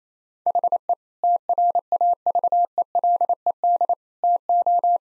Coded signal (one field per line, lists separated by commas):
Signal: Morse code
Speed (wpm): 27 wpm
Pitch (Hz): 700 Hz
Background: none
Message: HE TRAVELED TO